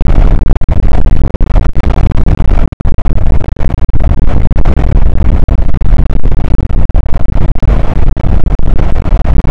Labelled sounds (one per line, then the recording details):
wind
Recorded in the Prudhoe Bay oil fields, Alaska, on 8 May 2019 at 00:00
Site 24